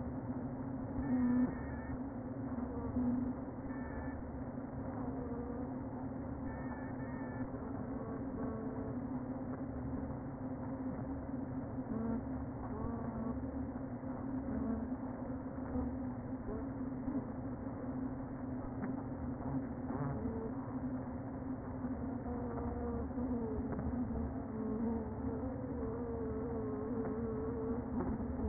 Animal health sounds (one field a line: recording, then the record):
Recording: honeybee colony, microphone inside the hive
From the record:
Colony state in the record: queen present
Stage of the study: before two queens were removed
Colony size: about 60,000 bees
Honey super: yes